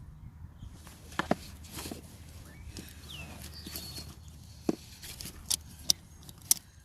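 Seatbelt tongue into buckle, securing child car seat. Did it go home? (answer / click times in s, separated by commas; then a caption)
yes / 5.9 s, 6.5 s. A vehicle seatbelt tongue is fastened into its buckle while installing and securing a child car seat, with soft handling and rustling noises along the way. Two sharp clicks sound at 5.9 and 6.5 seconds as the buckle snaps in and seats.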